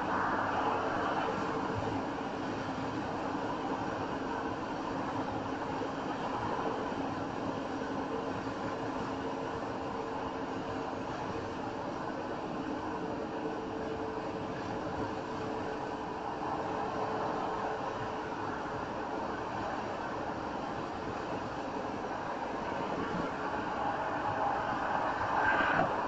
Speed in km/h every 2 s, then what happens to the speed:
92, 92, 92, 92, 93, 92, 92, 90, 90, 89, 89, 87, 87.
0-26 steady at about 92.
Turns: none.